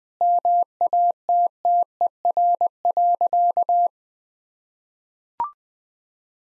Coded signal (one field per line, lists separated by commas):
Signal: Morse code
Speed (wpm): 20 wpm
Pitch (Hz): 700 Hz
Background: none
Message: MATTER.